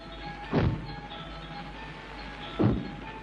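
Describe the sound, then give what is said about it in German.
Two heavy, booming footsteps, not human, land about two seconds apart, each a deep thud with a low rumbling tail, over a faint steady background hum with no voices. Something is walking through the rain, coming nearer along a maple avenue in a park. “Schritte. Schwer dröhnende Schritte.”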